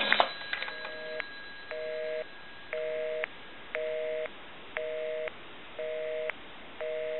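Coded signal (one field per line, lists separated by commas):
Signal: telephone call progress tone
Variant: North America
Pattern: busy tone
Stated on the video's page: Call progress tone heard on a Northern Electric Galion rotary desk telephone during checkout and repair.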